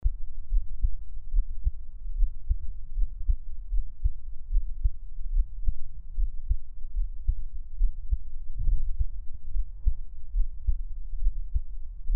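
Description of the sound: Soft, deep lub-dub thumps repeat in a steady, even rhythm at roughly 75 beats a minute, with paired beats clearly audible. A low background rumble sits beneath them. This is a close-miked Taiwanese ASMR heartbeat with no talking.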